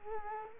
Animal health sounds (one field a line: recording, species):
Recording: mosquito wingbeat signal from an infrared sensor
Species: Culex quinquefasciatus